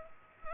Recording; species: mosquito wingbeat signal from an infrared sensor; Culex pipiens